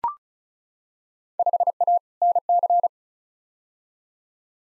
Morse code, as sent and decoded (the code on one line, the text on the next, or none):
..... .- / -. -.-.
5A NC